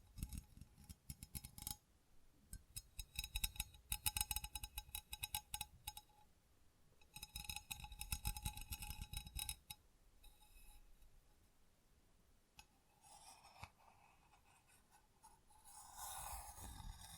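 Tingly tapping and scratching textures come in dense bursts of quick, crisp strokes, heaviest from about 0 to 2, 3 to 6 and 7 to 10 seconds. Between them, softer rubbing and scattered taps fill the gaps, and a brighter scraping swell rises near the end.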